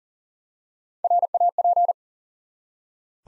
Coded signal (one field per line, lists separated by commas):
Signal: Morse code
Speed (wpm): 41 wpm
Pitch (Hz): 700 Hz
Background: none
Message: RAP